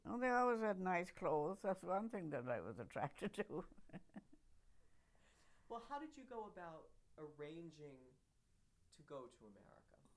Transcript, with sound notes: Oh, they always had nice clothes. That's one thing that I was attracted to. [chuckles]
Well, how did you go about arranging to go to America?